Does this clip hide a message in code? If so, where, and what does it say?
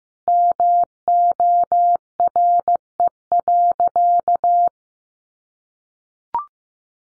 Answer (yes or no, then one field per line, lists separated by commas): yes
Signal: Morse code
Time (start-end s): 0.3-4.7 s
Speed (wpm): 15 wpm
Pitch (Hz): 700 Hz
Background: none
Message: MORE.